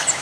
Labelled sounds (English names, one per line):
Cape May Warbler flight call